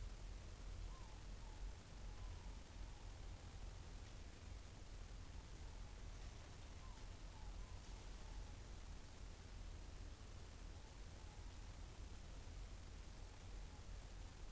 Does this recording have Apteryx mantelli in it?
no